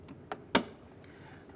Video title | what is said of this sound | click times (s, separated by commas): How to Replace Rear Exterior Door Handles Jeep Grand Cherokee 1999-2004 | here all right that's snapped in | 0.3 s, 0.5 s